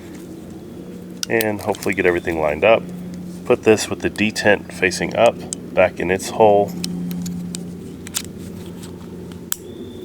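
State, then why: Seated. A cylinder pin is pushed back into the metal frame of a North American Arms (NAA) mini revolver in .22WMR, with its detent facing up, after the cylinder is rolled back into the frame. Someone talks, then small taps and clicks follow, and a sharp click at 9.5 s marks the detent snapping into place. The pin is seated and everything is locked up.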